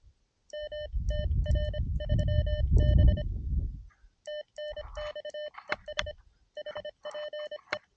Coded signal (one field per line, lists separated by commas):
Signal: Morse code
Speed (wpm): 26 wpm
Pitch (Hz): 600 Hz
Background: none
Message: MTR3B TNX ES HPE